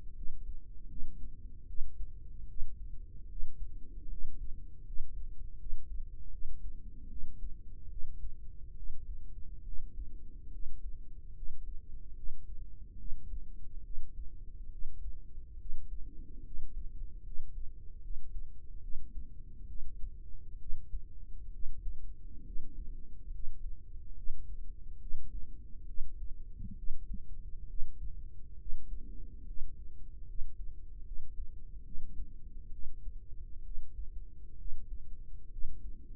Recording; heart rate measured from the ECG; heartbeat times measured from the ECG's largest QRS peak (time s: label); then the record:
heart sounds by microphone in the right ear; 71 bpm
0.13 s: heartbeat
0.87 s: heartbeat
1.65 s: heartbeat
2.46 s: heartbeat
3.26 s: heartbeat
4.07 s: heartbeat
4.83 s: heartbeat
5.56 s: heartbeat
6.29 s: heartbeat
7.07 s: heartbeat
7.87 s: heartbeat
8.73 s: heartbeat
9.62 s: heartbeat
10.49 s: heartbeat
11.32 s: heartbeat
12.13 s: heartbeat
12.96 s: heartbeat
13.81 s: heartbeat
14.68 s: heartbeat
15.56 s: heartbeat
16.42 s: heartbeat
17.22 s: heartbeat
18.00 s: heartbeat
18.79 s: heartbeat
19.65 s: heartbeat
20.56 s: heartbeat
21.50 s: heartbeat
22.42 s: heartbeat
23.29 s: heartbeat
24.13 s: heartbeat
24.97 s: heartbeat
25.84 s: heartbeat
26.73 s: heartbeat
27.65 s: heartbeat
28.56 s: heartbeat
29.43 s: heartbeat
30.24 s: heartbeat
31.02 s: heartbeat
31.82 s: heartbeat
32.69 s: heartbeat
33.61 s: heartbeat
34.55 s: heartbeat
35.48 s: heartbeat
From the record:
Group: healthy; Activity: rest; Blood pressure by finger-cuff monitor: 118/62 mmHg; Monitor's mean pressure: 77 mmHg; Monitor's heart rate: 70 bpm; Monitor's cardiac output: 5.8 L/min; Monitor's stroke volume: 82 mL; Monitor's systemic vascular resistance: 950 dyn s/cm5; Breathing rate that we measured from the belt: 10 breaths a minute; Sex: female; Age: 32 years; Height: 168 cm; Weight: 61.9 kg